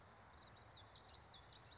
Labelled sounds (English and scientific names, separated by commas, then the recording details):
Common Yellowthroat (Geothlypis trichas)
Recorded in Sonoma County, California